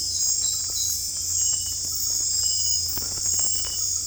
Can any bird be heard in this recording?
no